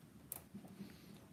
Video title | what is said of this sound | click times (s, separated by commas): Replacing an Epson P600 Capping station | and it's going to snap right into its location there. | 0.3 s